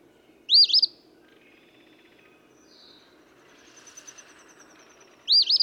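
Eastern phoebe song phrase, quick and raspy, at the start and again near the end, with faint thin notes in between.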